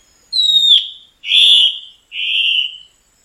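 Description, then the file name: Black-spotted bare-eye song: three loud whistled notes about a second apart, the first falling slightly, the last two steadier and buzzy-edged, in quiet surroundings. "canto do mae de taoca"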